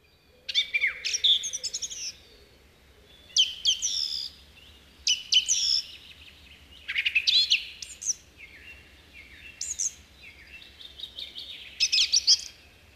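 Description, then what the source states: Song thrush singing loud, varied phrases of sharp whistles and chirps, each short burst separated by brief pauses, some notes repeated within a phrase, over quiet surroundings. Male singing in early May in coniferous forest, often from a spruce top, announcing its presence to others of its species; song repeats a motif a few times, then moves on.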